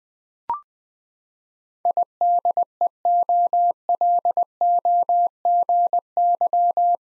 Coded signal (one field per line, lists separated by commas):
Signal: Morse code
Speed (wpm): 20 wpm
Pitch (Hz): 700 Hz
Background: none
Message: IDEOLOGY